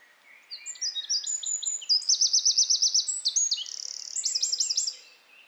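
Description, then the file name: Eurasian wren song: a fast, loud outpouring of high, sharp notes with rapid rattling trills in the middle and a final burst of ringing notes, lasting about five seconds. "Troglodytes troglodytes"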